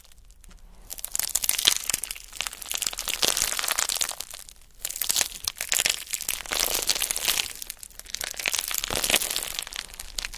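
Crystals, beads and ice-like pieces are scratched and rubbed together in a dense, crunchy clatter that runs almost continuously. The sound is bright and sizzling, swelling in bursts with short near-silent pauses around one, four and three-quarters, and eight seconds.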